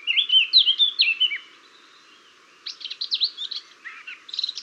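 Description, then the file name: Eurasian blackcap giving a short phrase of clear, fluty whistles, then a quiet gap, then a burst of scratchier, buzzy warbled notes. "Sylvia atricapilla"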